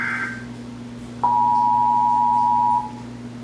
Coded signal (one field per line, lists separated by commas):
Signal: Emergency Alert System (SAME) tones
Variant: 853 and 960 Hz attention tone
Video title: (EAS #633-641) May 2024 Texas Required Monthly Test